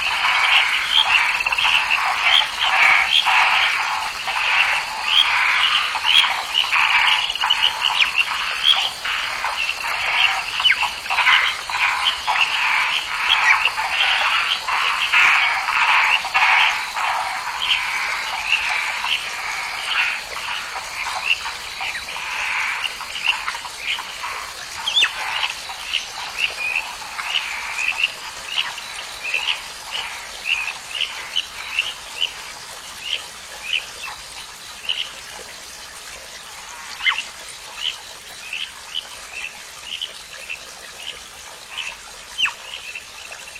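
Frogs croak in a lotus pond, a dense, overlapping chorus of rapid bright calls that never pauses. The chorus is thickest in the first fifteen seconds, then thins slightly into more separate pulsing calls, with occasional sharper chirps standing out later.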